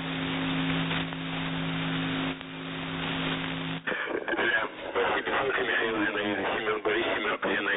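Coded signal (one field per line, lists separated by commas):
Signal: coded military voice message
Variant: The Pip, Russian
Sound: radio static with a low droning hum, then a voice reading a short message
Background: radio static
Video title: The Pip | 18th August 2023 | "Dlya" Voice Message 2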